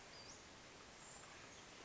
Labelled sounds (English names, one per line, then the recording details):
Western Flycatcher
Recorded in Sonoma County, California